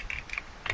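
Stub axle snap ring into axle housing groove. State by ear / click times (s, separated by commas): not seated / none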